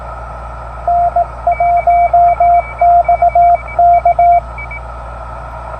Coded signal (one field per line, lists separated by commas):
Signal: Morse code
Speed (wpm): 19 wpm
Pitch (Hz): 690 Hz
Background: radio noise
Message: N1XK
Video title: POTA CW and SSB 8/29/24